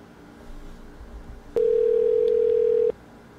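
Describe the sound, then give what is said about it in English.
A steady, flat telephone dial tone after a call is hung up starts abruptly after a low rumble and holds at one mid pitch for over a second before cutting off sharply, with no voices present. “And I think you hung up on me when I was gaming into my car.”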